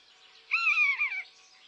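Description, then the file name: Common buzzard uttering a single plaintive mew, steady then falling off at the close, against faint background hiss. "buse variable"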